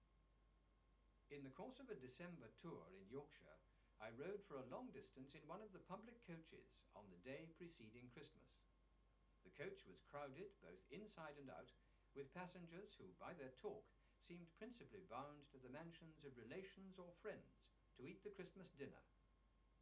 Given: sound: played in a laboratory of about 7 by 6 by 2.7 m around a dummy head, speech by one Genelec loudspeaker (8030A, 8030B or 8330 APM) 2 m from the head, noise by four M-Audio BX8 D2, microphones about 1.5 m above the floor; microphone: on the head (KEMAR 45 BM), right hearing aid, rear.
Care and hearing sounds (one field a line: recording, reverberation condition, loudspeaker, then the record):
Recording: male speech in English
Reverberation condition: low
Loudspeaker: 60 degrees to the right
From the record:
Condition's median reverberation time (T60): about 310 ms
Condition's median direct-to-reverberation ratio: about 3.5 dB